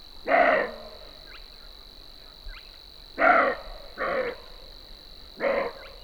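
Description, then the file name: Roe deer barking: four harsh, hoarse barks at uneven intervals, over a steady high whine. "reh"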